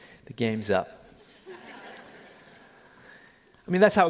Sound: laughter!